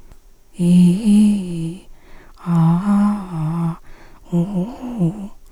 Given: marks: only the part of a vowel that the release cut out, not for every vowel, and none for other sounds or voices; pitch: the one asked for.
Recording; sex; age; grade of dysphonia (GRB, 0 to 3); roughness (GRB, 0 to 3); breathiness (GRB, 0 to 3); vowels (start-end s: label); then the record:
sustained vowels; female; 50 to 59 years; 2; 0; 2
0.62-1.69 s: vowel /i/, low-high-low pitch
2.50-3.69 s: vowel /a/, low-high-low pitch
4.34-5.24 s: vowel /u/, low-high-low pitch
From the record:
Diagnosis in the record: recurrent laryngeal nerve paralysis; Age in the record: 57 years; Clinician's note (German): Idiopatische Form li, kein Anhalt auf Aryluxation, strobosk. keine Restbeweglichkeit